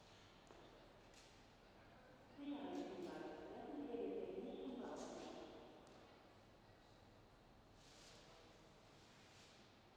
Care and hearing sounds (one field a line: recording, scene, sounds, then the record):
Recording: everyday scene through a hearing-aid microphone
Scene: reverberant space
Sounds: announcement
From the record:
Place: railway station hall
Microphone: in the ear canal, left